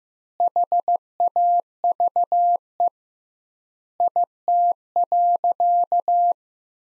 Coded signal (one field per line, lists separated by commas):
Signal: Morse code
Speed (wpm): 15 wpm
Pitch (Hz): 700 Hz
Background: none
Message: HAVE IT.